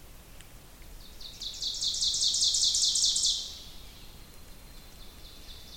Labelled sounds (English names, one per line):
Ovenbird song